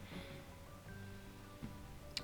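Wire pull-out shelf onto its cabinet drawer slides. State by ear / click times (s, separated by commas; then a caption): seated / 2.2 s. A wire pull-out shelf is slid onto its metal cabinet drawer slides over a steady background of faint music-like tones. At 2.2 s a short, sharp click is heard as the black plastic locking tabs on each side engage, seating the shelf on the slides.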